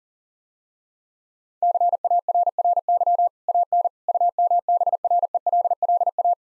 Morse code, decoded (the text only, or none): CARRY AN UMBRELLA